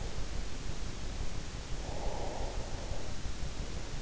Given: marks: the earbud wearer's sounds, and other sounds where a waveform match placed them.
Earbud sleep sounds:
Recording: sounds in sleep by an in-ear microphone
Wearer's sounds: breath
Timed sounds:
1.57-3.29 s: breath

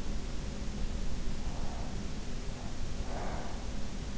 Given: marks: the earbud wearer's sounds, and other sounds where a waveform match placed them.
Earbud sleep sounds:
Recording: sounds in sleep by an in-ear microphone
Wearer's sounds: breath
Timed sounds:
1.38-3.84 s: breath

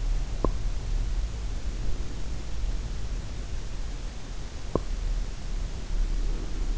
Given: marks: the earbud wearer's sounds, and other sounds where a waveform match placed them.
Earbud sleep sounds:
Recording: sounds in sleep by an in-ear microphone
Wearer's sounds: teeth grinding, breath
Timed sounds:
0.00-0.97 s: teeth grinding
1.31-4.16 s: breath
4.37-5.10 s: teeth grinding
5.42-6.76 s: breath

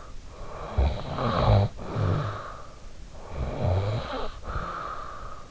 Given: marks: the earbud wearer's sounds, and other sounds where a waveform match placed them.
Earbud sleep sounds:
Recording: sounds in sleep by an in-ear microphone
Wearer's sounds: snoring breath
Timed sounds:
0.38-5.41 s: snoring breath

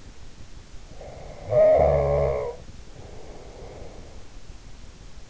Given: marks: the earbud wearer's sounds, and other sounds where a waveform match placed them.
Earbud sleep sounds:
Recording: sounds in sleep by an in-ear microphone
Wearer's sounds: snoring breath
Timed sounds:
0.98-4.41 s: snoring breath

